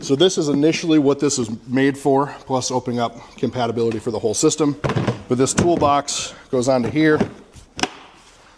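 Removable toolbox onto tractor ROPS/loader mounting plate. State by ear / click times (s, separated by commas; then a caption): seated / 7.8 s. A removable plastic toolbox is set onto its mounting base plate on a tractor's ROPS/loader and snaps into the locking mount. Someone talks for most of the clip, then a single sharp click at 7.8 seconds marks the toolbox locking into place.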